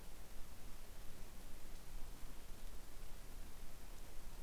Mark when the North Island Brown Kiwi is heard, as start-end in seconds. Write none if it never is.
none